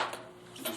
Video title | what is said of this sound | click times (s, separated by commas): Complete jumper assembly instructions using WSB-400 | that right up like that and hear that snap into place and literally snap onto the back of the connector those ribs on the back now | 0.0 s, 0.7 s